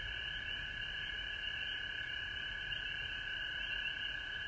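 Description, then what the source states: Frogs trilling together in an unbroken, shimmering high chorus. Frogs at home in Georgia, recorded March 19, 2020.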